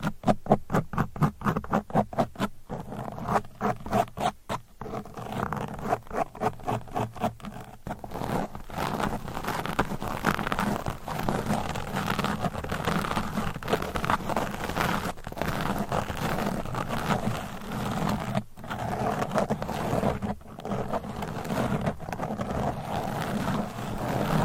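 Nails scratch against a microphone, first in quick regular strokes for about eight seconds, then a denser, continuous rough scraping with brief pauses.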